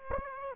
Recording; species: mosquito wingbeat signal from an infrared sensor; Aedes aegypti